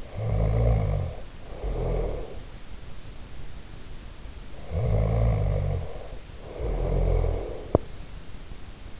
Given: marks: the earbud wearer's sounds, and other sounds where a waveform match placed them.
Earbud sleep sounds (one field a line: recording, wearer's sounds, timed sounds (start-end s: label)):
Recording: sounds in sleep by an in-ear microphone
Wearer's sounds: snoring breath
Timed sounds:
0.00-2.40 s: snoring breath
4.54-7.66 s: snoring breath